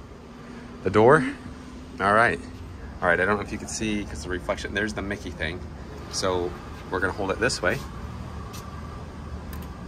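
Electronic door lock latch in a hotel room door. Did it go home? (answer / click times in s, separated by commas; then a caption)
released / 9.5 s. A wristband is held against the RFID reader on a hotel room door while someone talks, and the electronic door lock's latch clicks open at 9.5 s with a short, sharp click. Low background noise runs throughout.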